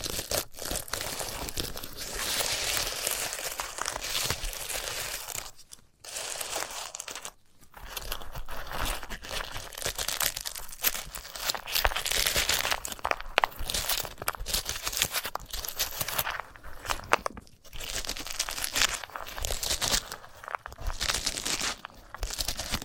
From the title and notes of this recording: ASMR of a Sunflower Head (No Talking).